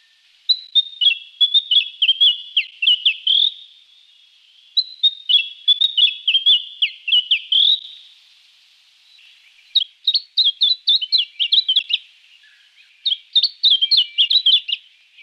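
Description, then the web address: Flame robin song: four bursts of rapid, high twittering phrases with quick descending trills, separated by short pauses, clear against a quiet background. Recorded in a garden in Canberra. "canberra-garden-birds robins flame-robin"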